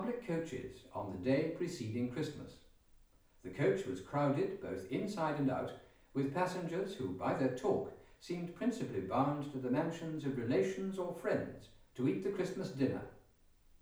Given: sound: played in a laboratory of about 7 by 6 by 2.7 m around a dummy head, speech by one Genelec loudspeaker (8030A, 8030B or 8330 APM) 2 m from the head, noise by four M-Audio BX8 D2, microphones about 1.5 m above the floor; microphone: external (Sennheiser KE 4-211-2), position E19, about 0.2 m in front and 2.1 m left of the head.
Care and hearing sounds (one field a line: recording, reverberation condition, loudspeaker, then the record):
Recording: male speech in English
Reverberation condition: medium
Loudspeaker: 60 degrees to the right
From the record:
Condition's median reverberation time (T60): about 510 ms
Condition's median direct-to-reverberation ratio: about -0.5 dB